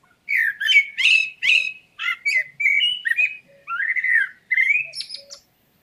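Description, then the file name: Common blackbird singing a run of fluty, warbled phrases with squeaky high notes, separated by short pauses. "Turdus merula"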